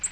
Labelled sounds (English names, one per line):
Nashville Warbler flight call